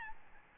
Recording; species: mosquito wingbeat signal from an infrared sensor; Aedes albopictus